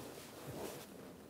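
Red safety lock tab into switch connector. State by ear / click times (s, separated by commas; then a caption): not seated / none. A red plastic safety lock tab is handled at the combination switch connector of a 1997-2006 Jeep Wrangler, ready to be pushed in to lock the connector. Only steady, low rustling handling noise is heard, with no sharp transients. Nothing has seated or clicked yet.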